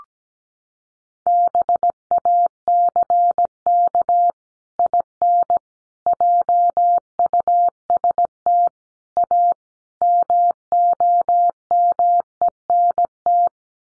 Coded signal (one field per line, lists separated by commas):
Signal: Morse code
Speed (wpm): 17 wpm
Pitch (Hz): 700 Hz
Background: none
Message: BACK IN JUST A MOMENT